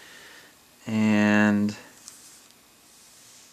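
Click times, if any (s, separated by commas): 2.1 s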